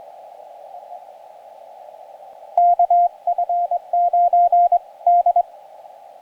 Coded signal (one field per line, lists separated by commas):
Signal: Morse code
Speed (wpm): 24 wpm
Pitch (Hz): 700 Hz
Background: radio noise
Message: KF9D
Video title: Summits on the Air 2M SSB and CW Contacts on the PackTenna TrekMount